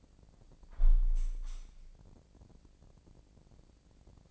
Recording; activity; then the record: daily activity, microphone in the room; close window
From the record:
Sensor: 5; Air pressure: 1012.4 hPa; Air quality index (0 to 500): 158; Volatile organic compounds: 2 ppm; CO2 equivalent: 1072 ppm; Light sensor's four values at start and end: 111/268/113/126 and 112/268/113/126